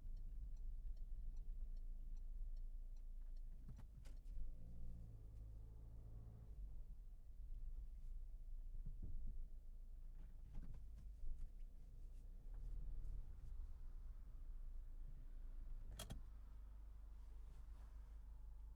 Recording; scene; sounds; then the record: everyday scene through a hearing-aid microphone; in a vehicle; engine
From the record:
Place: Berlingo II, diesel engine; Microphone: behind the ear, left, rear